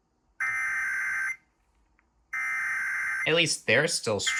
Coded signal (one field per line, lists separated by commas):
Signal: Emergency Alert System (SAME) tones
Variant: header bursts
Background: speech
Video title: Maryland May 2026 Statewide Required Monthly Test - EAS 99-102